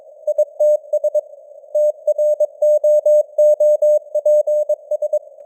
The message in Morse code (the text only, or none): ITS TROOPS